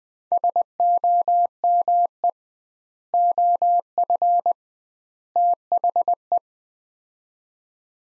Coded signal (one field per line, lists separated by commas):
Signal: Morse code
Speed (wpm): 20 wpm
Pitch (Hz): 700 Hz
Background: none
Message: SOME OF THE